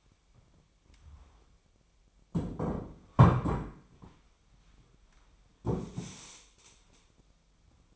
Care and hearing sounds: daily activity, microphone in the room; sit down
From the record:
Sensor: 1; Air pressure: 1008.0 hPa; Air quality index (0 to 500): 190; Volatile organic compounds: 17 ppm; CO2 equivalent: 2579 ppm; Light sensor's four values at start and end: 13/33/13/15 and 13/34/13/15

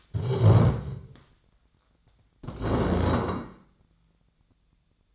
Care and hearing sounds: daily activity, microphone in the room; stand up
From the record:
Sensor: 3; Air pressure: 1012.2 hPa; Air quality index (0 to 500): 176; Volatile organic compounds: 3 ppm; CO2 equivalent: 1350 ppm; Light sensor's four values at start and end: 107/233/113/126 and 72/171/79/86

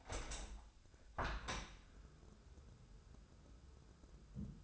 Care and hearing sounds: daily activity, microphone in the room; open window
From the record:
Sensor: 2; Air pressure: 1014.8 hPa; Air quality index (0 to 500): 27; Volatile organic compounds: 1 ppm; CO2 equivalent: 513 ppm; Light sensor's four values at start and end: 8/19/8/8 and 8/20/8/8

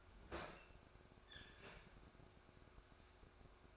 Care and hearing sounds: daily activity, microphone in the room; open fridge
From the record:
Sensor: 2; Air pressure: 1004.5 hPa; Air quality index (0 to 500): 184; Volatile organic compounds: 10 ppm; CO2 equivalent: 2210 ppm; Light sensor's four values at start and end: 4/11/4/4 and 4/11/4/4

